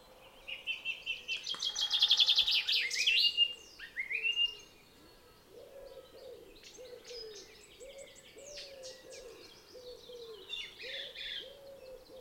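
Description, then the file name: Common chaffinch song: a fast descending series of bright notes ending in a flourish, then quieter chirps from other birds and a repeated lower note. "Fringilla coelebs"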